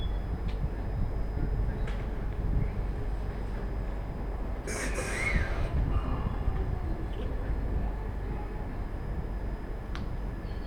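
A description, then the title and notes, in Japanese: Inside a train on the Tohoku Main Line, a steady deep rumble fills the whole clip with constant low roar and rattle. Around the fifth second a brief brighter burst rises, like a voice or squeal, with faint clicks near the first and tenth seconds. 鉄道旅 東北本線 福島→北白川。列車はこの途中で福島県から宮城県へと入っていきます。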